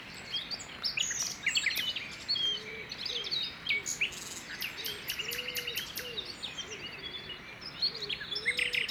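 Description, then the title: Common nightingale song of varied chirps, trills and rapid repeated notes, with low croaking frogs and steady background hiss. Early morning song near the Loire, Saint-Jean-le-Blanc, France, with distant frogs in the background; recorded with a Zoom H2n and stereo EM272 microphones. "Saint-Jean-le-Blanc, France - Rossignol philomèle matinal au parc de Loire"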